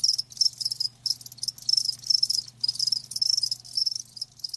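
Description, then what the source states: Loud cricket chorus of dense, high pulsed chirping with short gaps, accompanied by a steady low hum. Live crickets chirping.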